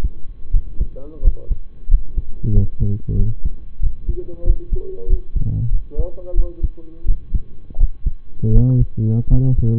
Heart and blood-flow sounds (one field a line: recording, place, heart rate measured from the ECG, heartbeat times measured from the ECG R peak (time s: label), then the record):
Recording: heart sounds by stethoscope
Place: between the tricuspid and mitral areas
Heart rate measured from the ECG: 89 bpm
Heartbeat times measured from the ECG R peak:
0.51 s: heartbeat
1.21 s: heartbeat
1.88 s: heartbeat
2.52 s: heartbeat
3.16 s: heartbeat
3.80 s: heartbeat
4.43 s: heartbeat
5.07 s: heartbeat
5.69 s: heartbeat
6.34 s: heartbeat
7.05 s: heartbeat
7.77 s: heartbeat
8.51 s: heartbeat
9.28 s: heartbeat
From the record:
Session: rest, lying down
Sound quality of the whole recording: partially saturated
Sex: male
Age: 25 years